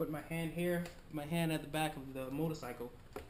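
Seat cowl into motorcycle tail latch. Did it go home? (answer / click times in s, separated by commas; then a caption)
no / none. A man talks while a hand rests at the back of the motorcycle, getting ready to press the plastic rear seat cowl down into its tail latch, with only a brief faint tap near the end at 3.2 s. Nothing has seated or clicked yet.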